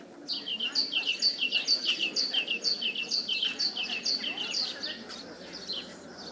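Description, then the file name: Great tit song: a long, even series of sharp two-note phrases, high then lower, repeated about twice a second over quiet background noise. "Parus major"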